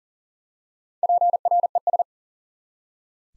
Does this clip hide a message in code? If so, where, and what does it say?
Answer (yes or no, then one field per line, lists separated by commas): yes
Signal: Morse code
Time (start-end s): 1.0-2.0 s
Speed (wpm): 40 wpm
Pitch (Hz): 700 Hz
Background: none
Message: PRES